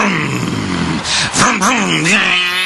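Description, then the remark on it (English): A 38-year-old man imitates a car engine for his 2-year-old son with a continuous, growling hum that rumbles steadily, then swoops up and down in pitch in a few revving waves. It stays fairly loud throughout. “That's the sound cars make.”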